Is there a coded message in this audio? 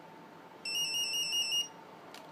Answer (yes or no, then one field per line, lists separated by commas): no